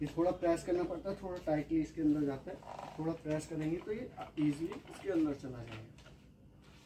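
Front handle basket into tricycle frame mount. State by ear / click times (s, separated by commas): not seated / none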